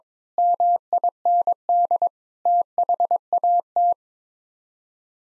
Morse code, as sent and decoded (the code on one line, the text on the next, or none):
-- .. -. -.. / - .... .- -
MIND THAT